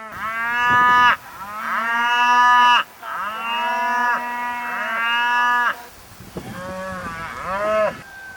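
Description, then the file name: Cattle lowing in several long, drawn-out moos, one after another. "Kuehe"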